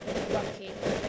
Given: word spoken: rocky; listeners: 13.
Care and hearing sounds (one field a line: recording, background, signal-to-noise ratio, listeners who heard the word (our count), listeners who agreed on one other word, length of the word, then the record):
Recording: one English word in noise, from a listening test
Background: noise modulated by three-talker babble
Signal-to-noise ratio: -5.7 dB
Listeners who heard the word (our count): 3 of 13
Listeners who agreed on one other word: 6 of 13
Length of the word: 0.69 s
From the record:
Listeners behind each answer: 6, 3, 1, 1, 1, 1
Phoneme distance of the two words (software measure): 37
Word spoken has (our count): 2 syllables, 4 phonemes, stress on syllable 1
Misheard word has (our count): 2 syllables, 5 phonemes, stress on syllable 1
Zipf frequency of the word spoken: 3.99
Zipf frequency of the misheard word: 4.21